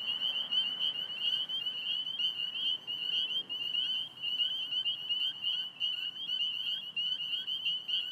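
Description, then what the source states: Spring peepers in a dense chorus of high, piercing peeps running together continuously, with a soft low rumble of traffic underneath. Belle View, Alexandria, Virginia, 27 March 2017, 8:06 pm; calling despite recently mowed cattail and grass habitat; traffic from Fort Hunt Rd in background; recorded on iPhone 6+ with Rode Recording app.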